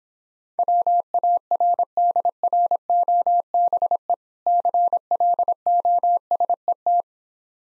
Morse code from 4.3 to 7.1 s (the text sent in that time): CLOSET